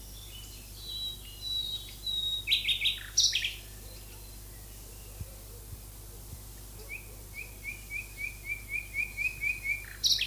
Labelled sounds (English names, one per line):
Common Nightingale song